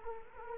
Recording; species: mosquito wingbeat signal from an infrared sensor; Culex quinquefasciatus